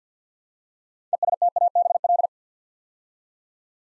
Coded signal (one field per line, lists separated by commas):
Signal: Morse code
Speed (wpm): 50 wpm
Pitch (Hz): 700 Hz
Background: none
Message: ESTABL